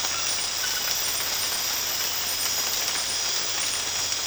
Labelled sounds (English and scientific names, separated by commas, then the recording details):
none
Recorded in dense forest near Puerto Asís, Putumayo, Colombia, on 8 March 2025 at 03:00
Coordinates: 0.484, -76.325
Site G045